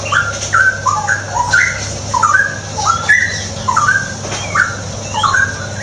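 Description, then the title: Straw-headed bulbul song with bubbling whistled phrases repeated in quick succession, some sliding upward, with a constant low electrical hum. Tutoring song (masteran) for caged birds; rapid, continuous singing (ropel gacor). "mster Mnuk. Masteran Burung CUCAK ROWO. Cucak Rowo Ropel Gacor"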